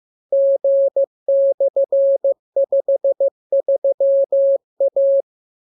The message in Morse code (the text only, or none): G/53A